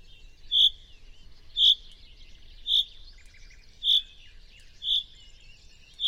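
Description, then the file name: Common chaffinch calling a short, sharp, high note repeated roughly once a second, with faint bird sounds behind. "Fringilla coelebs"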